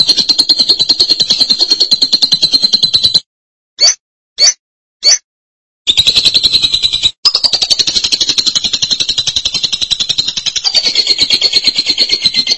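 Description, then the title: Lovebird trill: a sustained fast buzzy trill, three short sharp notes, then a long run of pulsed trilling. "BM Suara Burung Lovebird"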